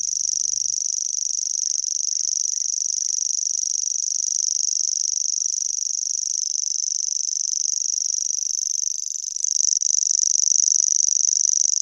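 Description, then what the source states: Common Grasshopper Warbler reeling: a high, dry, insect-like trill, flat and monotonous throughout. Monotonous voice heard at night; very similar to Savi's warbler, the difference being slight.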